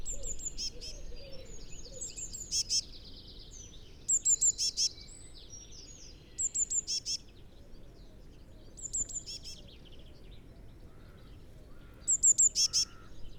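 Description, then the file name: Eurasian blue tit calls repeated throughout, each a quick run of high, thin notes ending in short buzzy churrs, with faint other bird notes between. "Cyanistes caeruleus"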